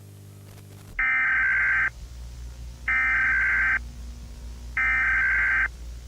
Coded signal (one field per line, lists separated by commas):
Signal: Emergency Alert System (SAME) tones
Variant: header bursts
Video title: Mini Eas | Satyress Threehalves National Emergency